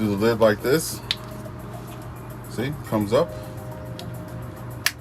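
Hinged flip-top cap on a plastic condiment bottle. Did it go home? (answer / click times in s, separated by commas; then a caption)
yes / 4.9 s. A hinged plastic flip-top lid on a ketchup bottle is flipped up and then pushed closed. It snaps back into place with a sharp click at 4.9 s, after a fainter tap at 4.0 s. Someone talks over quiet background music.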